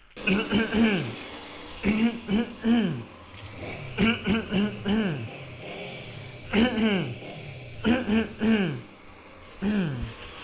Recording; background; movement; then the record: throat clearing; traffic; sitting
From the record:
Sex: male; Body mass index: 20.6 kg/m2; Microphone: on the chest, facing the body